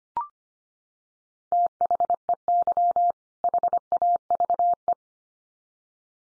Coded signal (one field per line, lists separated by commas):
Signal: Morse code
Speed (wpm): 25 wpm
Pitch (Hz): 700 Hz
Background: none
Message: THEY HAVE